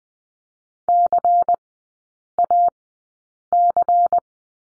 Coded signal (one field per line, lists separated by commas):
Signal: Morse code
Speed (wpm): 20 wpm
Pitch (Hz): 700 Hz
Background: none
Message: CAC